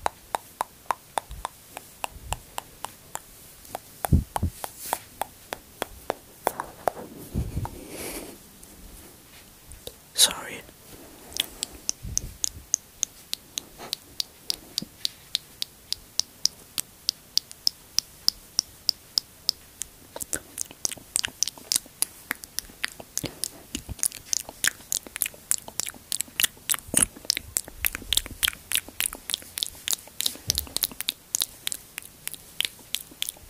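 Mouth sounds: a steady run of short, crisp clicks and smacks, tapping along at a fast, fairly even pace for the whole stretch. A few longer wet, smacking sounds break in around the eighth and tenth seconds, and the clicks grow denser toward the end.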